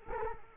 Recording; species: mosquito wingbeat signal from an infrared sensor; Culex quinquefasciatus